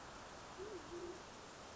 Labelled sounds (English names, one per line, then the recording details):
Band-tailed Pigeon
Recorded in Sonoma County, California